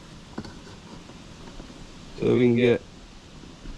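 Someone pushes up on the top and then the bottom of the tow-mirror glass in its housing on a Chevy/GMC HD truck, with the mirror pulled all the way out, until it clicks loose so the glass can be tilted down and removed. Two sharp clicks sound at 0.4 s and 0.5 s over a low background hush, and the glass is released. Someone talks briefly near the end.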